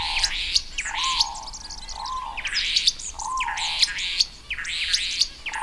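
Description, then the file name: Restless flycatcher producing loud rasping buzzy notes in rhythmic groups, with lower arched whistled notes between them. "Myiagra Inquieta"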